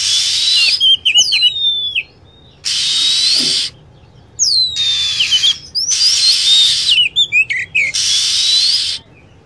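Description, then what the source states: Lovebird calls: high chirps and falling whistled notes in quick clusters, traded off against repeated blocks of loud hissing noise. Lure sound for attracting lovebirds.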